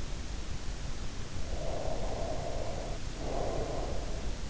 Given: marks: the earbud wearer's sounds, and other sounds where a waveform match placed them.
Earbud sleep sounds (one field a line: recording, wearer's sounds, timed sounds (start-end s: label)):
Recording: sounds in sleep by an in-ear microphone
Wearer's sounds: breath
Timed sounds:
1.53-4.44 s: breath